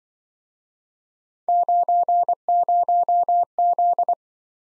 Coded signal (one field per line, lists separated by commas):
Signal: Morse code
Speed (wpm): 24 wpm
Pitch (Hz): 700 Hz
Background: none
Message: 90Z